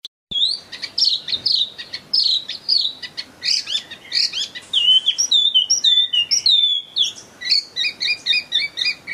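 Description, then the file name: Chinese hwamei in loud varied song: slurred whistles and sharp clicks, then a burst of quick repeated notes near the end, all crisp and high. In full song (gacor). "audio hwamei gacor. omkicau"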